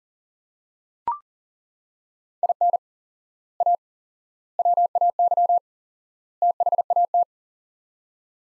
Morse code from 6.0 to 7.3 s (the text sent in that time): THAT